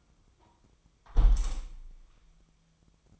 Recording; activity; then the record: daily activity, microphone in the room; close window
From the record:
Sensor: 1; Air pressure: 1004.7 hPa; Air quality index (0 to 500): 115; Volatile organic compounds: 4 ppm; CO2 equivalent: 1593 ppm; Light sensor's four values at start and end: 8/21/8/9 and 8/20/8/8